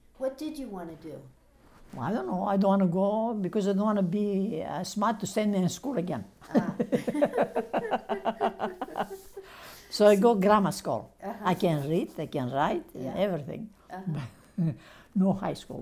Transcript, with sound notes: What did you want to do?
I don't know. I don't want to grow up, because I don't want to be as smart to send in school again. [laughs] So I go grammar school. I can read, I can write, everything, but no high school!